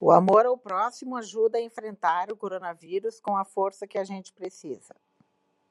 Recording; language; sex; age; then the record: spoken sentence; Brazilian Portuguese; female; 50 to 59 years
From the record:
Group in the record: control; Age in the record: 50 years